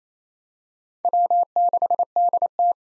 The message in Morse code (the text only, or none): W6DT